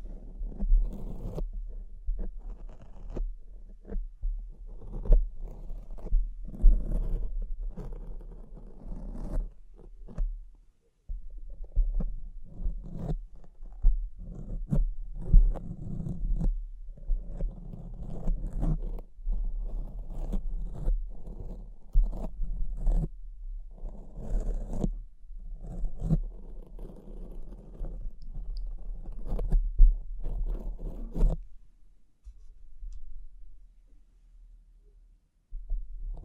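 Tapping, scratching and brushing sounds with soft crinkles run almost continuously, a dense mix of quick scrapes and light taps over a low rumble. Activity comes in bursts with brief gaps near 11 and 31 seconds, then fades to near silence after about 32 seconds.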